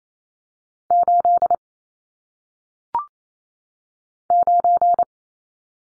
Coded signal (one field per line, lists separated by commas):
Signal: Morse code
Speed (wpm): 28 wpm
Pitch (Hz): 700 Hz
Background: none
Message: 8 9